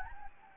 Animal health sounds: mosquito wingbeat signal from an infrared sensor; Anopheles gambiae

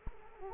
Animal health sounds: mosquito wingbeat signal from an infrared sensor; Culex quinquefasciatus

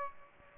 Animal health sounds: mosquito wingbeat signal from an infrared sensor; Aedes aegypti

